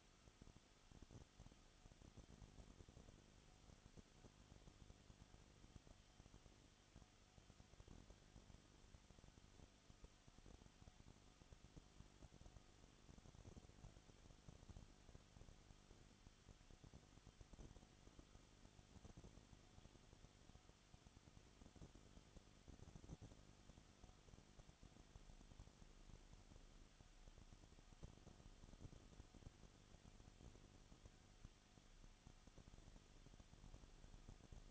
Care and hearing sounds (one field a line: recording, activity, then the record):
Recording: daily activity, microphone in the room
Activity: no activity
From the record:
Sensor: 4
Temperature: 22.7 degrees Celsius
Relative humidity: 31.7%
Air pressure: 995.4 hPa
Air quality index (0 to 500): 158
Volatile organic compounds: 2 ppm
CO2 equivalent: 1252 ppm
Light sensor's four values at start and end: 2/3/1/1 and 2/3/1/1